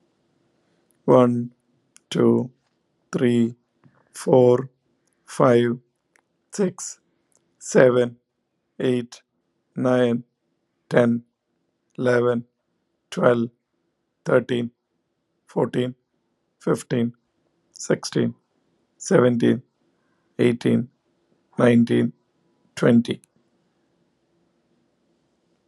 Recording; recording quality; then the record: counting at a normal pace; excellent, no background noise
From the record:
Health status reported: healthy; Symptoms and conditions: breathing difficulty, diabetes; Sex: male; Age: 52 years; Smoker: not ticked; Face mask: not worn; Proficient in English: yes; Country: India